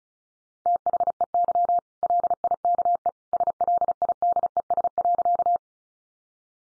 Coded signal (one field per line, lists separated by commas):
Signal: Morse code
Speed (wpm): 34 wpm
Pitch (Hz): 700 Hz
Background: none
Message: THEY LIKE SLIDES.